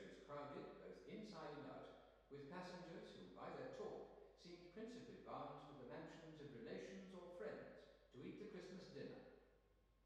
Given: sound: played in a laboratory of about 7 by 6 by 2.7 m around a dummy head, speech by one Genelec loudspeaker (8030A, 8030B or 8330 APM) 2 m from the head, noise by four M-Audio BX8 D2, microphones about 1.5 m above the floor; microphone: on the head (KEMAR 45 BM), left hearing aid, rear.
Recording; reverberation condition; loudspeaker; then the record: male speech in English; high; 90 degrees to the right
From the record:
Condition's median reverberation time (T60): about 1300 ms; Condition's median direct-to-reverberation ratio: about -4.0 dB